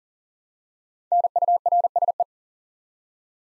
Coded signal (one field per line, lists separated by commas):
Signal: Morse code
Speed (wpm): 40 wpm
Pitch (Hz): 700 Hz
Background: none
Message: NURSE